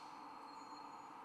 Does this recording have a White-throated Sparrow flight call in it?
no